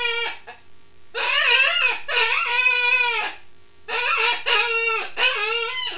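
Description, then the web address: Rabbit squealing, drawn-out wavering cries in two clusters with a short quiet gap between. "wild-game-downloads rabbits"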